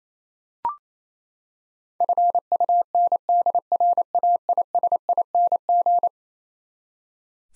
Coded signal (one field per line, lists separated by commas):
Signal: Morse code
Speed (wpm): 27 wpm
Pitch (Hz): 700 Hz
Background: none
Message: FUNDRAISING